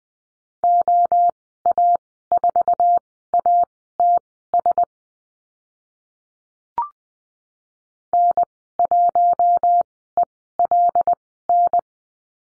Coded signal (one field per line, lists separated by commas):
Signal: Morse code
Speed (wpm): 20 wpm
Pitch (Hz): 700 Hz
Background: none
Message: OA4ATS N1ELN